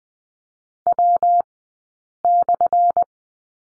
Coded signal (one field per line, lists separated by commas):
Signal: Morse code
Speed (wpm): 20 wpm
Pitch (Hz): 700 Hz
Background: none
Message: W/